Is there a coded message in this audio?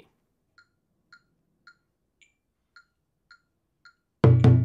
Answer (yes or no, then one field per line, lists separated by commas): no